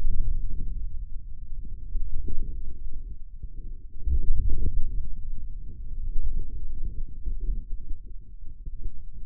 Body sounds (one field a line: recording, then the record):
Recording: forearm muscle sounds (acoustic myography)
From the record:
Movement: ulnar deviation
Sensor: system 2, bracelet of six BSWA MPA416 microphones around the upper forearm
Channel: 6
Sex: male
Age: 22 years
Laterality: right